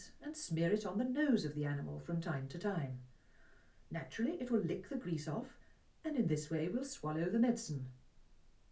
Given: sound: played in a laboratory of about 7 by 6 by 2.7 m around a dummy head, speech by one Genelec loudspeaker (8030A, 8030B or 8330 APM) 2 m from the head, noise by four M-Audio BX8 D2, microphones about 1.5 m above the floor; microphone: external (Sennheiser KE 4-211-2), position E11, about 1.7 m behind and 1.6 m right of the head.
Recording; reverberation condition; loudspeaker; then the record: female speech in English; low; 60 degrees to the left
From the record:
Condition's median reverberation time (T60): about 310 ms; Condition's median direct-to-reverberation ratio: about 3.5 dB